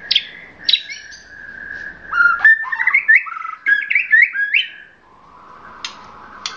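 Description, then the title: Oriental magpie-robin singing a steady whistled tone broken by sharp chirps and quick slurred notes, fading into a softer sustained whistle at the end. "Kicau Kacer"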